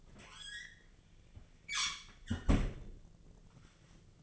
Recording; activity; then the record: daily activity, microphone in the room; close fridge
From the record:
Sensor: 4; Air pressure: 1010.5 hPa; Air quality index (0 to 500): 177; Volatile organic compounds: 5 ppm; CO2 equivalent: 1798 ppm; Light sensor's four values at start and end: 27/81/32/32 and 32/94/37/37